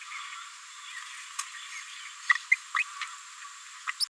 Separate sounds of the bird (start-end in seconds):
2.29-2.32, 2.51-2.56, 2.76-2.78, 3.87-3.91, 4.00-4.05